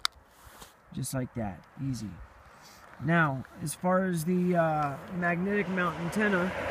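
A plastic external antenna adapter is detached from an Iridium 9575 Extreme satellite phone, pulled off one side first, with a single sharp hit at 0.0 seconds as it comes free. Someone then talks, and the adapter is released easily.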